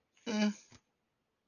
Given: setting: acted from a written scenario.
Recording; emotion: vocal sound without words; neutral